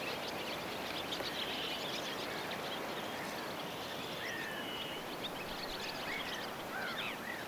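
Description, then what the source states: Barn swallow twittering song, thin chirps and short wavering notes scattered throughout, over a steady hiss of background noise. Several barn swallows singing, recorded 6 May 2025.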